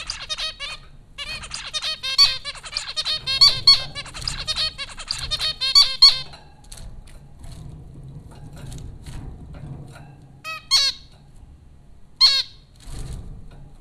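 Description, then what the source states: Zebra finch calls, a rapid run of bright nasal beeps and chattering notes for several seconds, then isolated single beeps after a quieter pause. Zebra finches recorded at Popcorn School, Flatbush, Brooklyn, New York, in April 2009.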